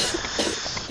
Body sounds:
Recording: coughing mixed with background sound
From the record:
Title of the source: 55 gaggy wet cough

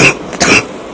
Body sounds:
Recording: coughing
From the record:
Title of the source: 31 night wet cough

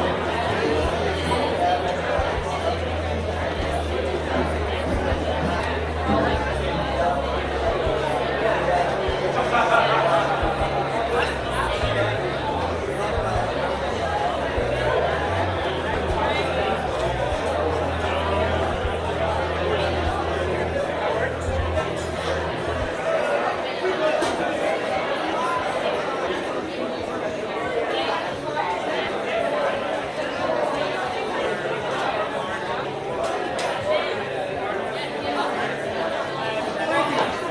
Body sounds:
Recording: background sound without coughing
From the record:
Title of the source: CITY SOUNDS Busy Bar in the Evening Night - 2 HOURS of Ambiance for Relaxation

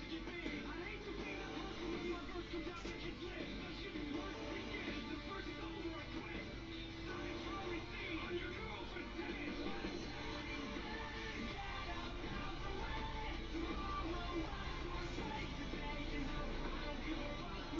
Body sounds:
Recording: background sound without coughing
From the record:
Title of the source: BackgroundMusic

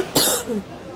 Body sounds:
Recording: coughing mixed with background sound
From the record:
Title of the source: 30 Chesty and wet cough

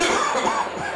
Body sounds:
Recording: coughing mixed with background sound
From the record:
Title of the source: Spring Cold Coughing 2

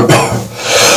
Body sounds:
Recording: coughing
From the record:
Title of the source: Cough Around the Clock!

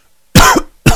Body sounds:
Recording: coughing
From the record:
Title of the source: Coughing 51

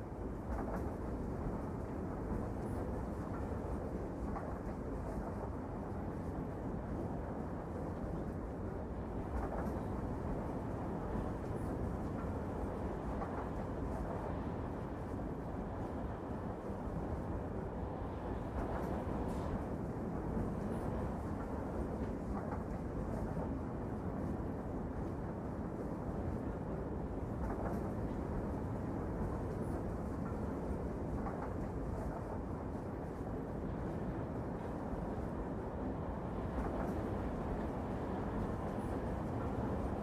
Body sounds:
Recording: background sound without coughing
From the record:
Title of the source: Train Ride Ambience ambient white noise for sleeping, focus, studying, reading

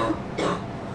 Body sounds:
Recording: coughing mixed with background sound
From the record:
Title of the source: female coughing - coughing sound effects girl

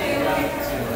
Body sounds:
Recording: background sound without coughing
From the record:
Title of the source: 40 min - Ambience sounds UNIVERSITY lunchroom chatting

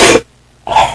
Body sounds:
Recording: coughing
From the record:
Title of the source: 61 morning phlegmy cough...again

